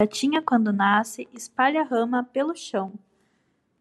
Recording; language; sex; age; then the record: short text; Brazilian Portuguese; female; 20 to 29 years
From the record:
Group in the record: control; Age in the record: 26 years